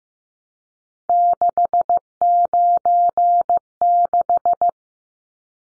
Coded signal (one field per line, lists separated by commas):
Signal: Morse code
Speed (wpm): 15 wpm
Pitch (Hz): 700 Hz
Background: none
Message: 696